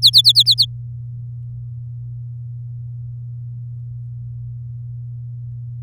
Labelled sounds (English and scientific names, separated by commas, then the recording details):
Domestic Canary (Serinus canaria) song
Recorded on 10 May 2018 at 06:12
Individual llb16